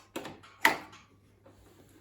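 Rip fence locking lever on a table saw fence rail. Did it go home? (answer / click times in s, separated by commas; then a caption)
released / 0.7 s. The rip fence locking lever on an Evolution R255 table saw's fence rail is thrown to unlock the fence, preceded by a softer knock at about 0.2 s. A sharp, bright snap follows at 0.7 s and decays quickly, and the fence is released.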